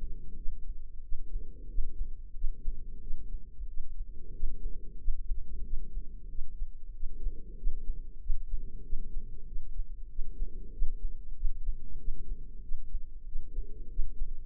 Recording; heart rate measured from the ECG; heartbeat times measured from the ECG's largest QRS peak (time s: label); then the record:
heart sounds by microphone in the left ear; 93 bpm
0.35 s: heartbeat
1.02 s: heartbeat
1.68 s: heartbeat
2.34 s: heartbeat
3.00 s: heartbeat
3.67 s: heartbeat
4.33 s: heartbeat
4.98 s: heartbeat
5.63 s: heartbeat
6.28 s: heartbeat
6.93 s: heartbeat
7.56 s: heartbeat
8.20 s: heartbeat
8.82 s: heartbeat
9.45 s: heartbeat
10.08 s: heartbeat
10.71 s: heartbeat
11.35 s: heartbeat
11.97 s: heartbeat
12.61 s: heartbeat
13.25 s: heartbeat
13.89 s: heartbeat
From the record:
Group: healthy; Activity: rest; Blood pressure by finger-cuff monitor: 121/74 mmHg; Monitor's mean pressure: 89 mmHg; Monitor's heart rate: 93 bpm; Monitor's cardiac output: 6.3 L/min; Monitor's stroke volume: 68 mL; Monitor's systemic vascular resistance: 1040 dyn s/cm5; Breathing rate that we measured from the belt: 20 breaths a minute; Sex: female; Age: 43 years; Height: 160 cm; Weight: 90 kg